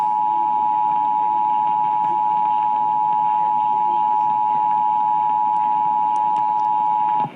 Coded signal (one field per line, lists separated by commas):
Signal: Emergency Alert System (SAME) tones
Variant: 853 and 960 Hz attention tone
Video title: Illinois Required Monthly Tests (4/6/21)(EAS 649-651)